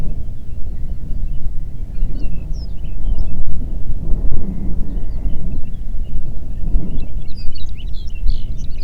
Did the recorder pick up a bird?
yes